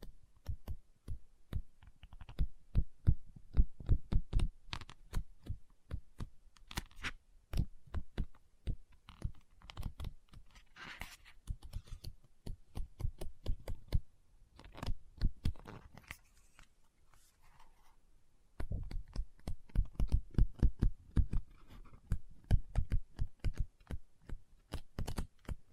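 Quick, sharp tapping on a book, dense clicks in irregular bursts with a thumping low end. The taps thin out and soften in the middle stretch, where a few brushy scratching sounds appear, then a fast, heavy run of taps resumes near nineteen seconds.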